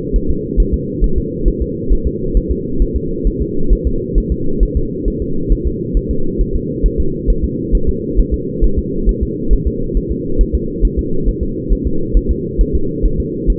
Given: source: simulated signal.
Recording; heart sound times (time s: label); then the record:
fetal heart sounds
0.16 s: S1
0.30 s: S2
0.60 s: S1
0.74 s: S2
1.04 s: S1
1.18 s: S2
1.48 s: S1
1.62 s: S2
1.92 s: S1
2.07 s: S2
2.37 s: S1
2.51 s: S2
2.82 s: S1
2.96 s: S2
3.27 s: S1
3.42 s: S2
3.73 s: S1
3.87 s: S2
4.18 s: S1
4.32 s: S2
4.63 s: S1
4.77 s: S2
5.08 s: S1
5.22 s: S2
5.52 s: S1
5.67 s: S2
5.97 s: S1
6.11 s: S2
6.41 s: S1
6.56 s: S2
6.86 s: S1
7.00 s: S2
7.30 s: S1
7.44 s: S2
7.75 s: S1
7.89 s: S2
8.20 s: S1
8.34 s: S2
8.64 s: S1
8.79 s: S2
9.09 s: S1
9.23 s: S2
9.53 s: S1
9.67 s: S2
9.97 s: S1
10.11 s: S2
10.41 s: S1
10.55 s: S2
10.85 s: S1
10.99 s: S2
11.29 s: S1
11.43 s: S2
11.72 s: S1
11.87 s: S2
12.17 s: S1
12.31 s: S2
12.61 s: S1
12.75 s: S2
13.05 s: S1
13.20 s: S2
13.50 s: S1
From the record:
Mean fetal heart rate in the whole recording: 135 bpm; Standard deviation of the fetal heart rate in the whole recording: 3 bpm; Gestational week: 36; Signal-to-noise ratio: -8.1 dB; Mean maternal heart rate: 72 bpm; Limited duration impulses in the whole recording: absent